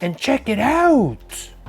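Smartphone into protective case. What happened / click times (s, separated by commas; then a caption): Handling only, no seating click yet / none. A purple Samsung Galaxy S9 Plus is being handled before it goes into a Spigen Tough Armor rugged plastic and TPU protective case while someone talks. Nothing has seated or clicked yet; the phone has not yet snapped into the case.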